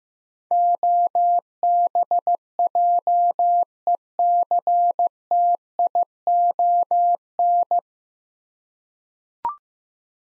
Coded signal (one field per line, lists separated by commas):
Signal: Morse code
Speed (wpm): 15 wpm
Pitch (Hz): 700 Hz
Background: none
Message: OBJECTION